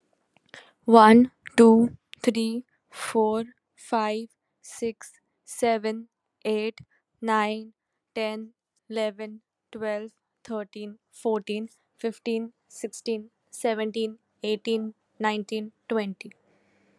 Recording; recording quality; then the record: counting at a normal pace; excellent, no background noise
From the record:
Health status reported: exposed to COVID-19, no respiratory illness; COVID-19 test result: negative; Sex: female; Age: 23 years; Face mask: not worn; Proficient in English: yes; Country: India